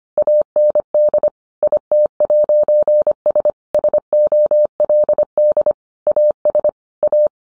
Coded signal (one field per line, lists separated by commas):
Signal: Morse code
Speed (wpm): 25 wpm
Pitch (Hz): 600 Hz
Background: none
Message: AND IT'S SOLD AS A